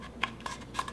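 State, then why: Not seated. The two plastic pieces of a toilet gel applicator, the plunger and the barrel, are slid together by hand, producing a few short, light plastic ticks and scrapes around 0.2, 0.5 and 0.8 s over a faint low background hum. Nothing has seated or clicked yet; the clip ends before the button snaps into its hole.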